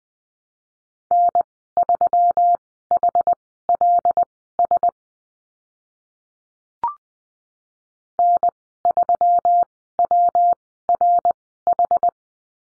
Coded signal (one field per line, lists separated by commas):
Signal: Morse code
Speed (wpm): 20 wpm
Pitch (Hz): 700 Hz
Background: none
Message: N3HLS N3WRH